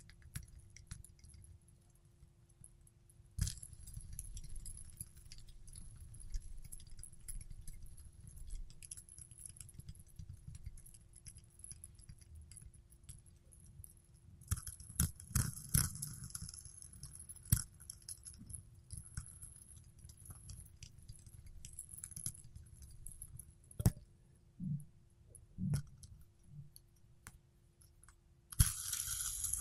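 A fidget spinner is tapped and handled, giving sharp clicks and metallic jingling that bunch up around 15 seconds and again near 24 and 29 seconds. Underneath runs a steady low rumble and a faint constant hum, with a thin high whine throughout.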